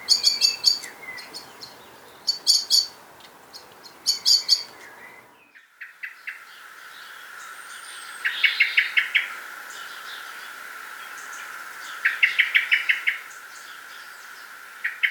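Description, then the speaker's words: Eurasian blackbird giving metallic, repeated pit notes in rapid runs, several bursts spread throughout. Very noisy, continued metallic pit, pit, pit alarm call. "Another alarm call is a very noisy and continued metallic sounding pit, pit, pit."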